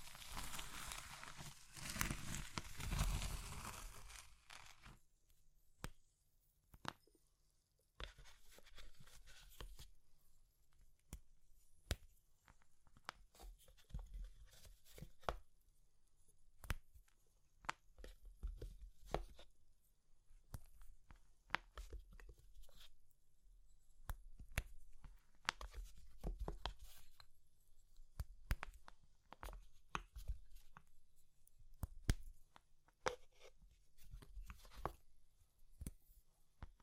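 Brittle materials such as soap, chalk and meringue are crushed, opening with about four seconds of a dense, loud, hissing crunch. After that come scattered sharp cracks and crumbles at irregular intervals, some in quick clusters, with near silence between them.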